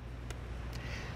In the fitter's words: I felt it click.